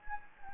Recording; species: mosquito wingbeat signal from an infrared sensor; Anopheles gambiae